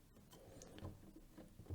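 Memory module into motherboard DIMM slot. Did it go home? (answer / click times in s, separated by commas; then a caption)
no / none. A first DDR4 memory stick is lined up over a motherboard DIMM slot before any pressure is applied. Only light contact ticks are heard, around 0.6 and 0.8 seconds, over low background noise. Nothing has seated or clicked yet.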